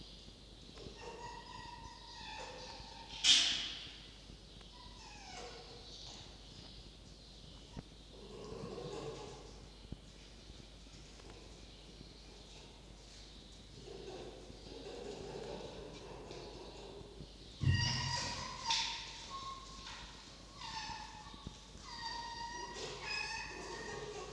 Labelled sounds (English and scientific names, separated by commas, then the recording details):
Red Fox (Vulpes vulpes)
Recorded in captivity
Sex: group
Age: diverse
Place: Zoologisches Institut der HUB, Berlin, DE
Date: 1953-05-14 13:28
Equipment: Elmetra
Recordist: Tembrock, Günter
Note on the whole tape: Jupp: Muffen (mit Fleisch); Fiffi: Muffen (mit Fleisch); Quick: Futterverteidigung mit Keckern